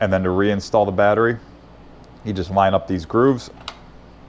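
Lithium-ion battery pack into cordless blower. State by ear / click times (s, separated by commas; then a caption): not seated / none. A lithium-ion battery pack is being lined up by its grooves to slide onto a Makita XBU05 cordless blower while someone talks. Only speech and faint handling sounds are heard, with a small tick near 3.7 s. Nothing has seated or clicked into place yet.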